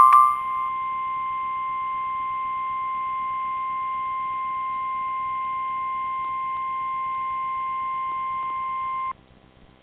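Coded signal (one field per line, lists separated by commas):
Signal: Emergency Alert System (SAME) tones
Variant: 1050 Hz attention tone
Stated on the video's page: Severe thunderstorm warning from NOAA Weather Radio station KIH57 serving Muscle Shoals/Florence, Alabama.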